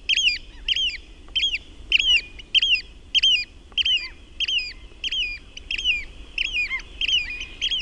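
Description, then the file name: Eurasian oystercatcher uttering shrill, slurred piping calls in a steady series, roughly two notes per second, with a soft low rumble underneath. "MERIHARAKKA"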